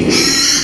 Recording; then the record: squeal of a Yucatan mini pig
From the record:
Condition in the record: after surgery on the right vocal fold (resection and tissue-engineered implant); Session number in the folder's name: 2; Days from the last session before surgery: 13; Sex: male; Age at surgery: 12 weeks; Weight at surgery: 13 kg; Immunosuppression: cyclosporine, prednisolone